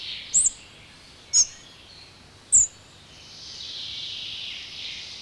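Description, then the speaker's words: Spotted Flycatcher with three short, high-pitched chirps about a second apart, then a stretch of background hiss. Field recording from Finland, where it is the fifth most common bird; described as a soft-voiced chirper. "Viidenneksi yleisin lintumme on hentoääninen sirahtelija, harmaa sieppo."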